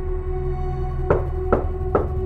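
Three evenly spaced knocks on a door, firm and dull, rising over a steady low droning hum that runs throughout. No voices are present.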